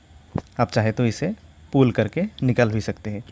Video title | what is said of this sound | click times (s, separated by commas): #BOSCH 8kg Front load fully automatic washing machine ( #WAT24464IN ) review after 1 year of use. | इस chamber को थोड़ा सा push करते ही एक क्लिक साउंड आएगा और ये लॉक हो जाएगा। | 0.4 s